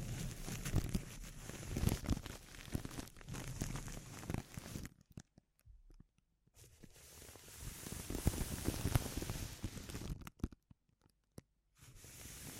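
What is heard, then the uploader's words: Crinkling sounds come in a dense, busy stretch for about five seconds, with crisp crackles and rustles over a low rumble. Near-silence follows with a few isolated clicks, then another crinkling burst around seven to ten seconds, more gaps, and a quieter return at the end. ASMR Sensitive Crinkles (No Talking).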